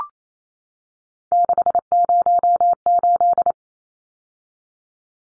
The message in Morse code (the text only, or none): 608